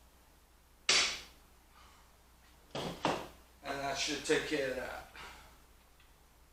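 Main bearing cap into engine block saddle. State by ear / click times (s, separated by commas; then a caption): not seated / none. A main bearing cap is given light taps to seat it in the engine block saddle of a Ford 5.0 Small Block Windsor engine, with sharp taps at about 0.9, 2.8 and 3.1 seconds, followed by someone talking. The cap has not gone down and has not seated yet.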